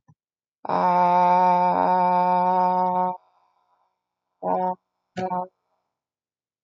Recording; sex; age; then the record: vowel held as long as possible; female; 30 to 39 years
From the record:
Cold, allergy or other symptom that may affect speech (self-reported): no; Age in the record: 37 years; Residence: California, United States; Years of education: 15